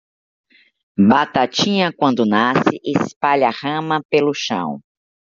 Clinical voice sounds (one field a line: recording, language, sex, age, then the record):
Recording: short text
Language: Brazilian Portuguese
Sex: female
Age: 60 to 69 years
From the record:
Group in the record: control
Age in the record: 60 years